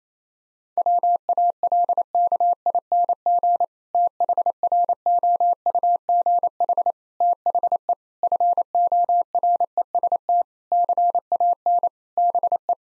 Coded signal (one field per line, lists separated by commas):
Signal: Morse code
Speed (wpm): 28 wpm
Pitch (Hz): 700 Hz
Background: none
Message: WALKING THROUGH THE FOREST CAN BE